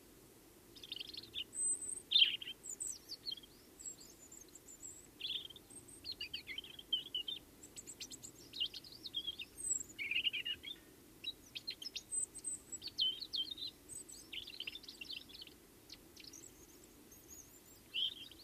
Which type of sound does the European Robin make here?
song